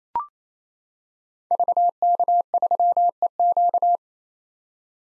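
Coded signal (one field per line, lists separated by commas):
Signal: Morse code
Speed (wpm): 29 wpm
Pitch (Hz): 700 Hz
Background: none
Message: VK3EQ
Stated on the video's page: Head-copy drill of common SOTA activator call signs in Morse at 28 wpm, each sent, spoken, then sent again.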